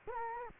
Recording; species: mosquito wingbeat signal from an infrared sensor; Culex quinquefasciatus